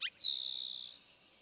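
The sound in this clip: Eastern towhee song, a quick descending introductory note followed by a steady, rapid buzzy trill lasting under a second.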